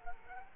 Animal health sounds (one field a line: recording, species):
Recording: mosquito wingbeat signal from an infrared sensor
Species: Culex quinquefasciatus